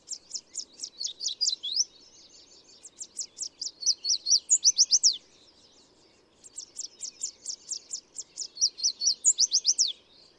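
Bird song in two bouts, each a quick series of high sharp notes building to a louder burst of rapid down-slurred chips.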